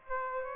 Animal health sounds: mosquito wingbeat signal from an infrared sensor; Aedes aegypti

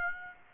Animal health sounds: mosquito wingbeat signal from an infrared sensor; Aedes aegypti

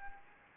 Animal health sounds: mosquito wingbeat signal from an infrared sensor; Anopheles arabiensis

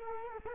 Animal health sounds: mosquito wingbeat signal from an infrared sensor; Culex quinquefasciatus

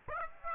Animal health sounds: mosquito wingbeat signal from an infrared sensor; Aedes aegypti

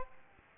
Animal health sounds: mosquito wingbeat signal from an infrared sensor; Aedes aegypti

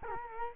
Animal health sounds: mosquito wingbeat signal from an infrared sensor; Culex quinquefasciatus

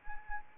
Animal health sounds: mosquito wingbeat signal from an infrared sensor; Anopheles arabiensis

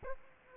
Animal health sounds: mosquito wingbeat signal from an infrared sensor; Aedes aegypti

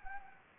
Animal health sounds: mosquito wingbeat signal from an infrared sensor; Anopheles gambiae

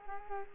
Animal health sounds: mosquito wingbeat signal from an infrared sensor; Culex quinquefasciatus

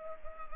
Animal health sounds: mosquito wingbeat signal from an infrared sensor; Anopheles gambiae

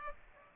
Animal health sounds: mosquito wingbeat signal from an infrared sensor; Aedes aegypti

